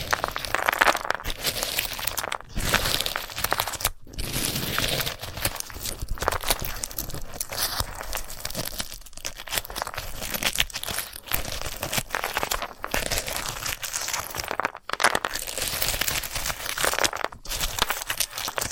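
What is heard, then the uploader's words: Dry, dense crinkling and crunching from handling a sunflower head, full of rapid scratchy rustles and small snaps with bright, hissy edges. The texture stays busy and fairly even throughout, broken by brief near-silent gaps around 2.5, 4, 9, 15 and 17.5 seconds. ASMR of a Sunflower Head (No Talking).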